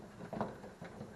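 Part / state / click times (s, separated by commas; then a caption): license plate lamp bulb socket into rear lamp housing / not seated / none. A Toyota Corolla license plate lamp bulb socket, fitted with a new bulb, is handled at the rear lamp housing it twist-locks into, giving soft scraping and rubbing handling noises with a brief knock at 0.4 s. Nothing has seated or clicked yet.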